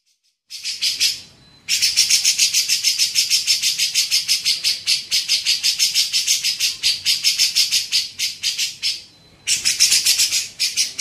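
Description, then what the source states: Grey-cheeked bulbul: rapid chattering of harsh scratchy notes, a short burst and then a long sustained run of several seconds, broken by brief pauses. Training song (masteran) for songbirds.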